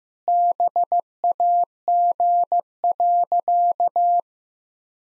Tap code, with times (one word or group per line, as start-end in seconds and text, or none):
none